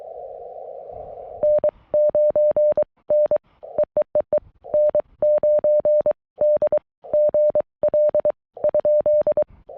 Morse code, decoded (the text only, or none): N9 N EEEE N9DGL ?